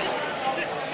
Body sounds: coughing mixed with background sound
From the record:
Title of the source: Dry Afternoon Cough

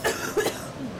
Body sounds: coughing mixed with background sound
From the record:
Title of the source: 30 Chesty and wet cough

